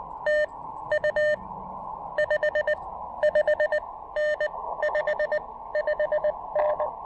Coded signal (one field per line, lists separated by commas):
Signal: Morse code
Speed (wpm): 21 wpm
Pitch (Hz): 590 Hz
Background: none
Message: TU 55N 55N